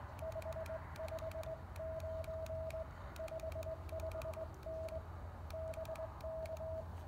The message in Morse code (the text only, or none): 559 55N BK